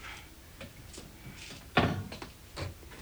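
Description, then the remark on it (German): An opened bottle of vodka is set back into its hiding place in a kitchen cupboard with one solid glassy clunk, surrounded by a few faint clicks and light knocks of the cabinet, with no voices. “Stellt die Flasche wieder an ihren Platz.”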